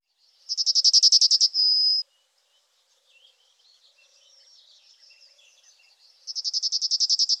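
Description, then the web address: Yellowhammer song: a fast, buzzy trill of high notes closing with a longer sustained note, quiet twittering in between, then the rapid trill starting again. "IVN Zangvogels Geelgors"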